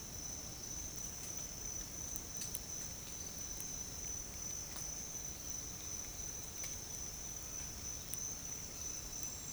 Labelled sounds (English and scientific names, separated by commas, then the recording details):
none
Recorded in dense forest near Puerto Asís, Putumayo, Colombia, on 22 June 2025 at 07:00
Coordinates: 0.503, -76.323
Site G059